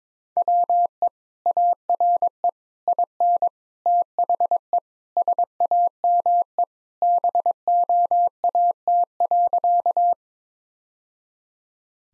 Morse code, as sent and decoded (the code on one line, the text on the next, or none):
.-- . / .- .-. . / .. -. / - .... . / ... .- -- . / -... --- .- - .-.-.-
WE ARE IN THE SAME BOAT.